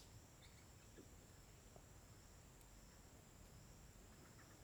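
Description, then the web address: Crickets keep up a steady, unbroken high-pitched trill over a low background rumble. Daytime ambience on a riverbank in forest in Tocantins, with crickets described as uniform. "Ambiente na beira do rio na mata com passaros e grilos homogeneos dia. local tocantins"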